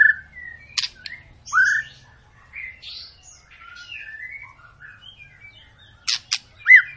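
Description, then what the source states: White-rumped shama singing loud slurred whistles and varied warbling phrases with quieter pauses, closing with sharp clicking notes and a bright rising whistle. Long lure recording (pancingan) of a persistently singing (gacor) white-rumped shama, used to prompt other birds to sing.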